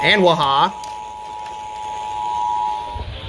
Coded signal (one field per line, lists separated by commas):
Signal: Emergency Alert System (SAME) tones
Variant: 853 and 960 Hz attention tone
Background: speech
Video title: THE DECLARATION OF WEATHER - EAS Alerts from 07/04/2022 (EAS #507-572)